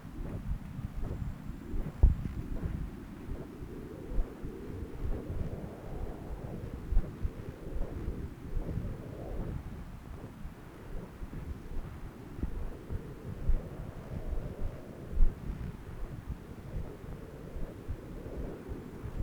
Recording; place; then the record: Doppler ultrasound of blood flow; left subclavian vein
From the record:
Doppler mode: continuous wave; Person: adult scuba diver, at rest before a dive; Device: O'Dive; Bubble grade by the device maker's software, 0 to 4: 0